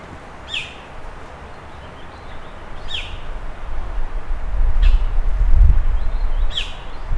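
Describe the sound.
Bird calls: four sharp, down-slurred chirps spaced about two seconds apart over a steady low rumble that grows louder toward the end.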